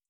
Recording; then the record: hydrophone in a shrimp aquaculture tank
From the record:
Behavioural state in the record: feeding